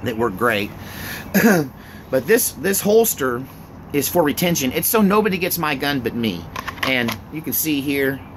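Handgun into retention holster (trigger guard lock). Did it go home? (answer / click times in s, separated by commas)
no / none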